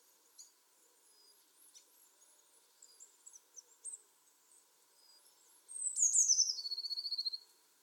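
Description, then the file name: Eurasian blue tit giving a single phrase: a few very high thin notes sliding down into a fast, even trill near the end, after faint scattered high chips. "Cyanistes caeruleus"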